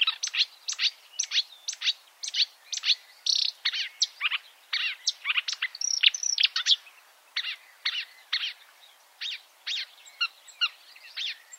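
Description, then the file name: Marsh warbler delivering quick bursts of sharp, scratchy chirps and ticks in a varied, chattering flow. "suara-kicauan-burung-marsh-warbler -omkicau"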